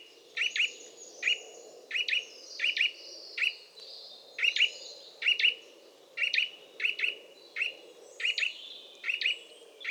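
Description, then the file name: Eurasian nuthatch repeating sharp double chirps roughly once a second, with faint higher bird notes and a low background hum. "Sitta europaea"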